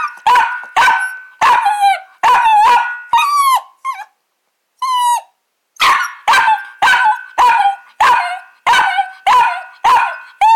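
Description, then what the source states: Small dog barking in a steady series, sharp high barks roughly twice a second, with a brief pause of whining yelps midway. Small dog barking, with a piercing echo.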